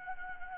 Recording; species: mosquito wingbeat signal from an infrared sensor; Anopheles gambiae